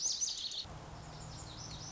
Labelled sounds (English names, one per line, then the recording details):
Lazuli Bunting
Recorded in Sonoma County, California